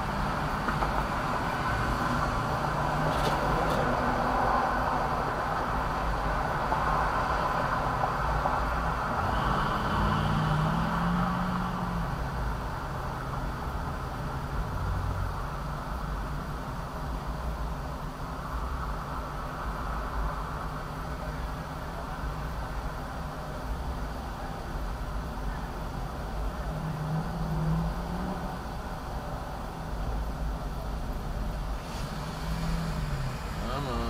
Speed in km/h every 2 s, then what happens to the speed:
0, 0, 0, 0, 0, 0, 0, 0, 0, 0, 0, 0, 0, 0, 0, 2, 5.
0-30 standing.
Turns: none.